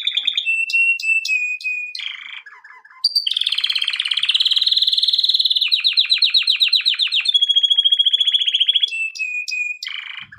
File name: canary